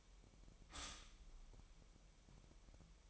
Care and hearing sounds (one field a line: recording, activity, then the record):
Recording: daily activity, microphone in the room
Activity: stop toaster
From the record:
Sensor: 1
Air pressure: 1002.1 hPa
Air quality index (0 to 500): 240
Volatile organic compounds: 44 ppm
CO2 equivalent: 3216 ppm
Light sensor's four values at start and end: 10/35/12/14 and 10/35/12/14